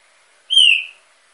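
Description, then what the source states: Green-winged saltator giving one loud, pure whistle that starts steady and drifts lower, about half a second long, surrounded by quiet. Female singing while warming up, kept in an aviary.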